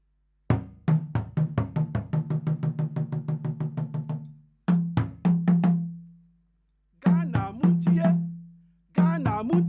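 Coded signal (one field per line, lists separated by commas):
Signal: talking drum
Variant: Ghanaian talking drum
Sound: fast roll of low resonant drum strokes, then short phrases of pitch-bending strokes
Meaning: People of Ghana, listen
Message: people of ghana listen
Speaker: you're actually playing the words on the drums that's why it's called talking drum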